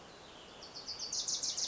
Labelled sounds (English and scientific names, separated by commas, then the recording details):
Wilson's Warbler (Cardellina pusilla)
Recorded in Sonoma County, California